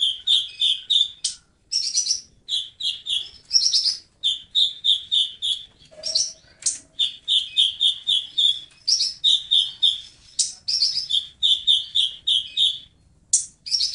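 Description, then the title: Oriental magpie-robin song: rapid, varied whistled and chattering phrases, with quick repeated notes and trills running almost without pause, plus one brief lower note midway. "Kicau Kacer"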